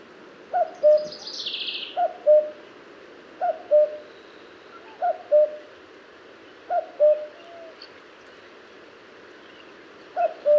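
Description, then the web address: Common cuckoo calling a series of six descending two-note cu-coo phrases, mostly about every 1.4 to 1.8 seconds with a longer pause before the last, with a brief higher note from another bird early on. "Cuco común"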